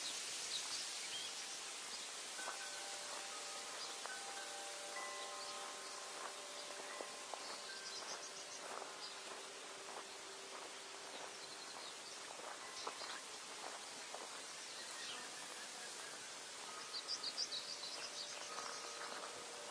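Birds sing and chirp steadily, with short whistled notes and bright trills, over a soft constant hiss and faint scattered ticking sounds.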